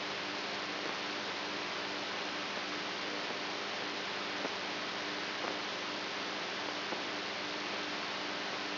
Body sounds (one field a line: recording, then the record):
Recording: brain microelectrode recording played as sound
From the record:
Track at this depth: outside the subthalamic nucleus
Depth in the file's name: 5.71 mm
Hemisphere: right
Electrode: 3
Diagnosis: Parkinson's disease